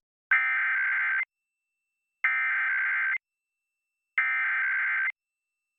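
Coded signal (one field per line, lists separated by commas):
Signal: Emergency Alert System (SAME) tones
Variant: header bursts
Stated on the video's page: Required monthly tests aired by television stations, recorded live off air.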